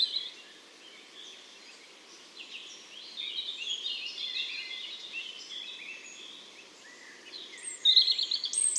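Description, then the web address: European robin song, rambling high twittering phrases that rise in loudness, with a sharp bright flourish near the end. "SETE Erithacus rubecula"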